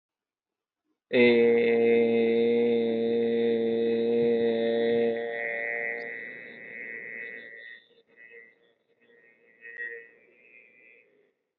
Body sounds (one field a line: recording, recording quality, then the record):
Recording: sustained vowel as in made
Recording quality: excellent, no background noise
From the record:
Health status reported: healthy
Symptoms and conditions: none ticked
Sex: male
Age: 26 years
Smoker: not ticked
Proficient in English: yes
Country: India